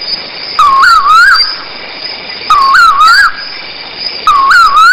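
Bird calling with a clear whistled, wavering phrase repeated about every two seconds, three phrases in all, over a steady high hiss and faint clicking.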